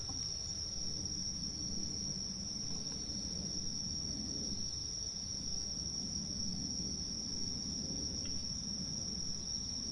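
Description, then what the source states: Cicada: constant shrill drone of cicadas on one high pitch, with a soft low rumble underneath. Countryside soundscape.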